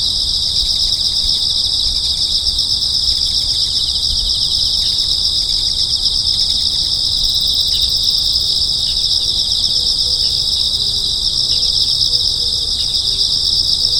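Insects in a dense, continuous high-pitched chorus, a shimmering pulsed trill that holds steady throughout.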